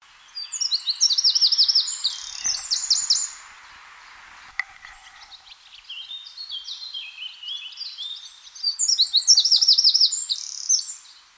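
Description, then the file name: Eurasian wren song: two loud, rapid bursts of high, sharp notes and quick buzzy trills, the first about three seconds long, the second longer after a quiet pause. "Troglodytes troglodytes"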